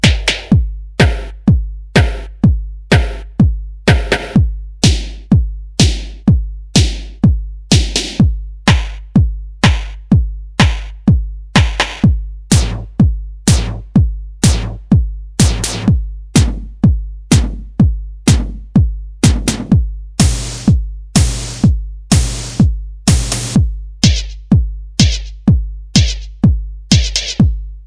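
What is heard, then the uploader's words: Snare hits strike one after another at a steady, fairly quick pace, each a sharp crack with a low thump that fades quickly, varying slightly in brightness. Impact Snares - Analog 1 by Cluster Sound Official.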